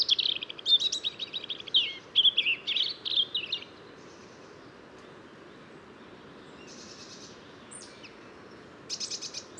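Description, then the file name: European robin delivering a fast jumble of high twittering notes and trills, a long pause with faint high notes, then a fresh shimmering phrase starts at the end. "Erithacus rubecula"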